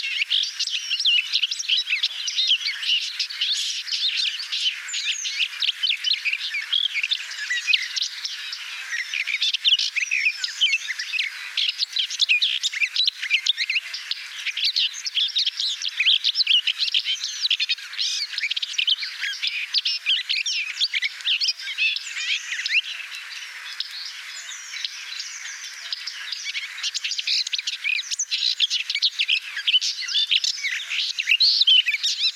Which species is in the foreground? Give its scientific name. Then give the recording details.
Sylvia borin. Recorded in the wild. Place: Damtschik/Wolgadelta, RU. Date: 1998-05-15. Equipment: Dat-Recorder Casio DA 7, Telinga DAT, Telinga-Parabolspiegel. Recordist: Schwarz, Dieter